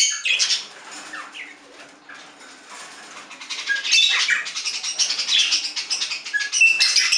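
Budgerigar chatter, soft scattered chirps early, building into a denser run of high scratchy warbles and clicks toward the end.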